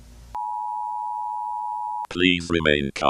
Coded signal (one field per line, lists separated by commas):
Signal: Emergency Alert System (SAME) tones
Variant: 853 and 960 Hz attention tone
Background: speech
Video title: eas